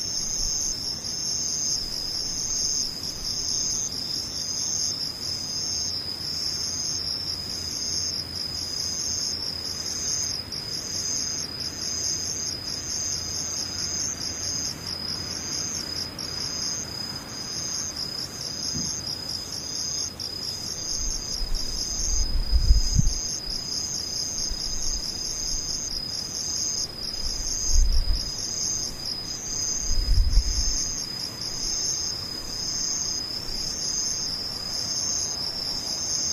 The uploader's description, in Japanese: ムシ